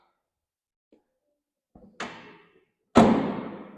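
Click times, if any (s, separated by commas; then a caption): 2.0 s. Releasing the seat adjustment lever on a leg press machine lets the metal locking pin drop into its hole in the seat rail, clicking into place at 2.0 s after a faint knock just before. A louder, ringing thud follows near 3.0 s. The pin is seated, so the seat will not slide.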